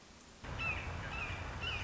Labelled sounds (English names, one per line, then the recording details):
Red-shouldered Hawk
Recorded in Sonoma County, California